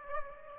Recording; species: mosquito wingbeat signal from an infrared sensor; Aedes aegypti